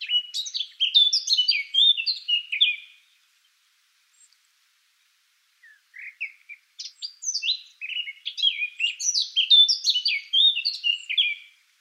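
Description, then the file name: Eurasian blackcap song in two bursts of varied chattering warble separated by a few seconds of silence. "Sylvia atricapilla"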